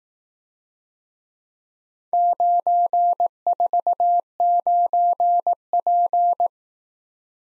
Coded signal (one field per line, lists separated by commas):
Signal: Morse code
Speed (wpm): 18 wpm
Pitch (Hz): 700 Hz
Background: none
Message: 949P